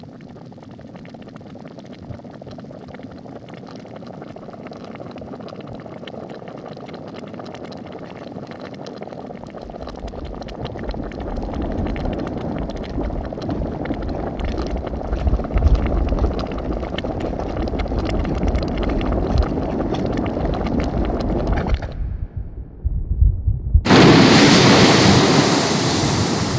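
An Icelandic geyser rumbles and gurgles, swelling steadily louder, goes briefly quiet near 22 seconds, then bursts into a loud hissing roar.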